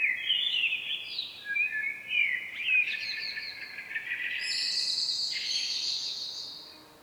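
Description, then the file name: Common blackbird song: a run of mellow warbled notes sliding between pitches, finishing in a long, thin, high squeaky twitter. "Turdus merula"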